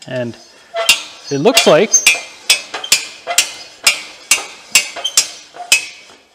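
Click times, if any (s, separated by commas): 2.5 s, 2.9 s, 3.4 s, 3.9 s, 4.3 s, 5.7 s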